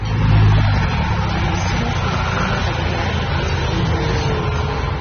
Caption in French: Je vais vous faire entendre trois versions d'une même phrase. D'abord dans un bruit très fort où elle est incompréhensible. Ce simple test audiologique révèle beaucoup, non seulement de ce que l'oreille perçoit, mais aussi comment le cerveau trait.